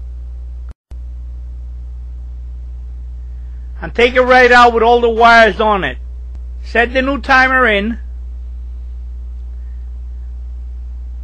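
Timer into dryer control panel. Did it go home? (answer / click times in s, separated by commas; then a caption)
no / none. A new timer with its wires still attached is set into the control panel opening of a General Electric gas dryer that is not heating, and lined up before it is turned clockwise to lock. A steady low hum runs throughout, broken by a brief dropout around 0.7–0.9 s, while someone talks from about 4 to 6 s and again from about 6.8 to 8 s. Nothing has clicked or snapped into place yet.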